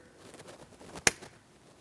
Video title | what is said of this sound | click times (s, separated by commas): How to Replace Mirror Switch 2015-2025 Ford Transit 250 | After an audible click, a light tug confirming it's properly secured. | 1.1 s